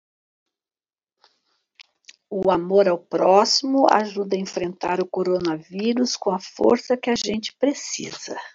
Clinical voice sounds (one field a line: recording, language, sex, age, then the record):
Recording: spoken sentence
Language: Brazilian Portuguese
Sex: female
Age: 70 to 79 years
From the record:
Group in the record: control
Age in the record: 74 years